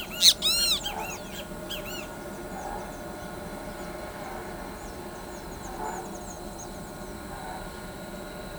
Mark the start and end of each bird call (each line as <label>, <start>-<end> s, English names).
Great Kiskadee, 0.00-2.06 s